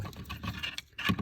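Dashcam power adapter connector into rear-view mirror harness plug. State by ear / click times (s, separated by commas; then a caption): seated / 0.8 s. A dashcam power adapter's plastic wiring connector is pushed one-handed into the rear-view mirror harness plug. After some struggling and rustling, it seats with a sharp click at 0.8 s. Someone talks throughout.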